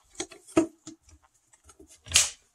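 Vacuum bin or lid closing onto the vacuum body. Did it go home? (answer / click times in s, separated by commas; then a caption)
yes / 2.2 s. A twist-fit part of a vacuum cleaner, the dust bin or lid, is handled and closed onto the vacuum body, with a few light clicks and rattles early on. It snaps shut with a loud, sharp click at 2.2 s, seated in place.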